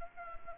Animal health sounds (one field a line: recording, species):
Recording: mosquito wingbeat signal from an infrared sensor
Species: Anopheles arabiensis